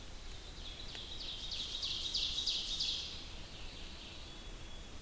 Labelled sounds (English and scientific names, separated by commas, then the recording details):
Ovenbird (Seiurus aurocapilla) song
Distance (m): 55 m
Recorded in boreal forest in Alberta, Canada, on 2 June 2016 at 06:46
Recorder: SongMeter 3, array SBT-3-7
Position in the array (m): 92 m, 90 m
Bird 5